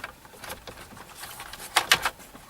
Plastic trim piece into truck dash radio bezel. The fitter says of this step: until you hear it snap in.